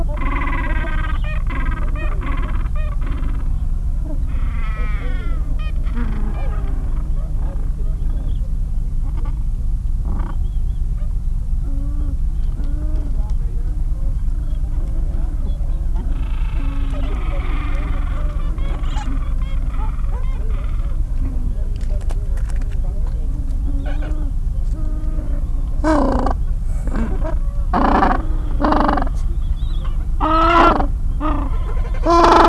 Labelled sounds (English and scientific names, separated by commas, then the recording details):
Gentoo Penguin (Pygoscelis papua)
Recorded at the colony at Neko Harbor, Antarctica, on 26 January 2015
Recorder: Song Meter SM2+